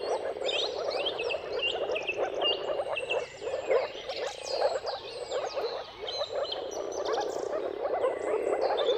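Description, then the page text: Moor frogs bubble steadily in a massed low chorus that briefly dips; songbirds add twittering and clear whistles above. Moor frogs' mating calls in a chorus at sunrise, at the turn of March and April, timing depending on the weather. "Jakub-Orzecki moor frogs. Dawn’s Chorus: Mating Calls of Marsh Frogs at Sunrise. Depending on the weather at the turn of March and April, you can witness an amazing spectacle of moor frogs"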